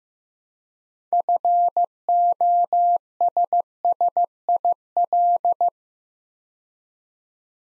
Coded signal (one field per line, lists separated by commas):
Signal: Morse code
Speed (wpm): 15 wpm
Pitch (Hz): 700 Hz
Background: none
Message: FOSSIL